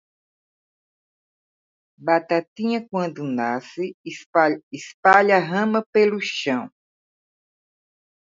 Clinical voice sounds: short text; Brazilian Portuguese; female; 60 to 69 years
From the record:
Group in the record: control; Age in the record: 65 years

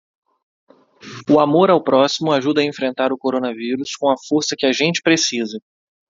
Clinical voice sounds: spoken sentence; Brazilian Portuguese; male; 20 to 29 years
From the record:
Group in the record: control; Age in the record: 29 years

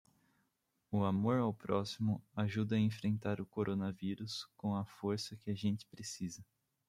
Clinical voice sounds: spoken sentence; Brazilian Portuguese; male; 20 to 29 years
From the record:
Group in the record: control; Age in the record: 29 years

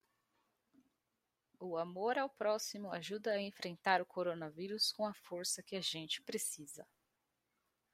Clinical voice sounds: spoken sentence; Brazilian Portuguese; female; 30 to 39 years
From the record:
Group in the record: control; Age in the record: 33 years

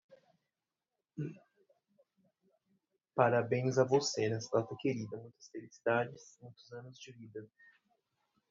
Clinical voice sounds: short text; Brazilian Portuguese; male; 40 to 49 years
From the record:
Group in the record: control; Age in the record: 40 years

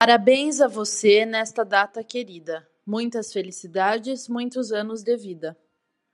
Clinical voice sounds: short text; Brazilian Portuguese; female; 20 to 29 years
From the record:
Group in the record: control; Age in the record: 27 years

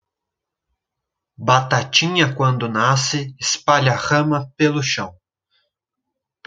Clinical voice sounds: short text; Brazilian Portuguese; male; 20 to 29 years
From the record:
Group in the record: control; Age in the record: 24 years

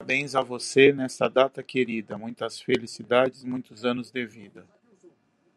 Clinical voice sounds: short text; Brazilian Portuguese; male; 30 to 39 years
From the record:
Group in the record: control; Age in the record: 38 years

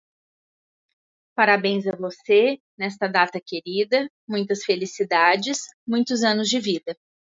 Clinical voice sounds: short text; Brazilian Portuguese; female; 40 to 49 years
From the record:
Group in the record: control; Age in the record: 44 years

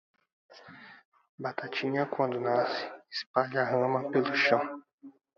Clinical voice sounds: short text; Brazilian Portuguese; male; 20 to 29 years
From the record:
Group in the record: control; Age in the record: 26 years

